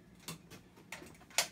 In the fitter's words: that one just popped into place beautifully